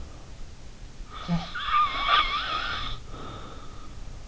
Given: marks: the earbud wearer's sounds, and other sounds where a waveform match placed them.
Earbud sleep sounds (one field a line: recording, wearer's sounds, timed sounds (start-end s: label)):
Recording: sounds in sleep by an in-ear microphone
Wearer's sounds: snoring breath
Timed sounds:
1.12-3.99 s: snoring breath